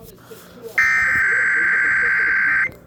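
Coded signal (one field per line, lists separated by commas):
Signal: Emergency Alert System (SAME) tones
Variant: header bursts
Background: speech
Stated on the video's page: Required Monthly Test of the Emergency Alert System, aired on an FM station.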